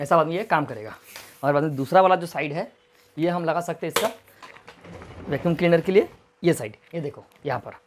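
A hose attachment is being pushed into the suction side port of the plastic body of a Gaocheng GC_vc25L professional wet and dry vacuum cleaner while someone talks. A few brief handling sounds occur around 4.5 to 5.0 seconds. The clip ends before the part goes home, so nothing has seated or clicked yet.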